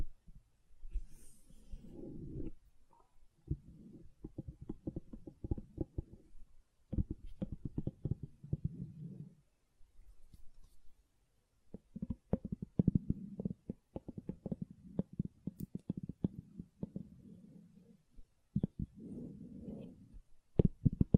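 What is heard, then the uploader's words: Soft, gloopy silicone squelches and crackles come in bursts with short pauses, low and muffled, with brief sharp clicks scattered throughout. ASMR Gentle Silicon Sounds for Sleep (No Talking).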